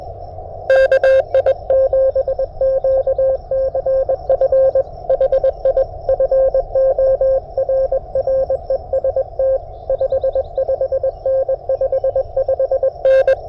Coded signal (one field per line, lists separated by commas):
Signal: Morse code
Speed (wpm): 22 wpm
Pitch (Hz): 530 Hz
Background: radio noise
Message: KI7QCF HI FORREST 55N55N